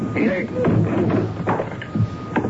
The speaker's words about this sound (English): Try the door. Yeah. The door's locked. Mrs. Harvey. Mrs. Harvey, are you all right? We'd better break the door down. Stand away. I don't know how to do this.